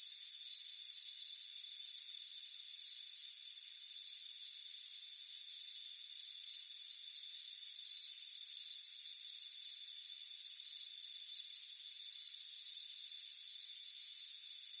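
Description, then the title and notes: Crickets chirping, high pulsed bursts repeating about three times a second, over several steady high-pitched trills that hold continuously underneath. "Soothing Crickets Chirping Sound. It's a warm afternoon as you relax in a hammock on the front porch. Relax and fall asleep to the soothing sound of chirping crickets. Deep Sleep Sounds"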